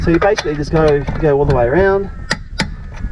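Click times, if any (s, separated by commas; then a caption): 2.3 s, 2.6 s. Someone talks while a torque wrench set to 140 Nm is pulled down on the next wheel nut of a Sunseeker Desert Storm caravan with Cruisemaster ATX suspension. It gives a sharp double click at 2.3 s and 2.6 s, confirming the nut is tightened to torque.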